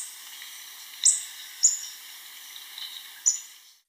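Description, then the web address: Rufous-rumped Antwren calls: a few very high, thin, sharp notes spaced irregularly over a steady background hum. Ecuador. "Birds of Ecuador Rufous-rumped Antwren"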